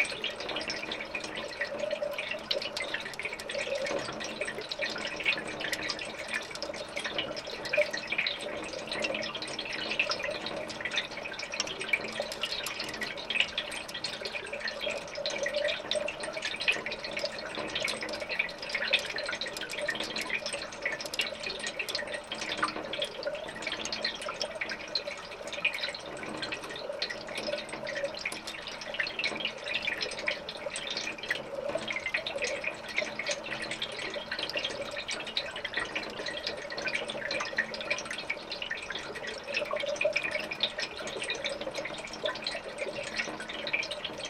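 A creek flows steadily, its water running in a dense, unbroken rush with bright splashing and dripping sounds spread throughout. The flow stays even for the whole stretch, with a faint mid-pitched gurgle beneath and no other sounds standing out.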